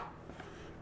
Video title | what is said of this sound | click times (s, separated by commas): Steam AK700 Pro RC heli unboxing and first thoughts | they've got magnets and you can hear that nice positive click | 0.4 s